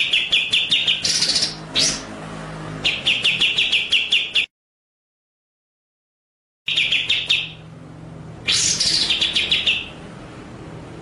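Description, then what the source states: White-rumped shama song of rattling repeated notes and scratchy high bursts, cut by about two seconds of silence midway. Masteran training track of murai batu song, described as full ngerol (rolling) and nembak (shooting) style.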